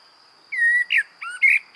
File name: Turdus merula